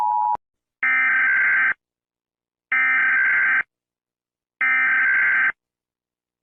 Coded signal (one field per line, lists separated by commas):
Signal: Emergency Alert System (SAME) tones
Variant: header bursts